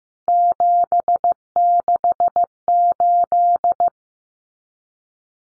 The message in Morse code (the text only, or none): 768